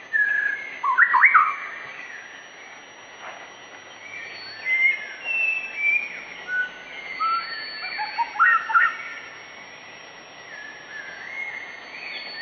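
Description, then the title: White-rumped shama song: a lively stream of varied whistles, slurs and quick sweeps, rising and falling in loudness over the whole passage. Pet-bird training (masteran) recording of a shama singing in the vigorous 'gacor' style, meant to teach kept birds to sing. "Suara Murai Batu Gacor"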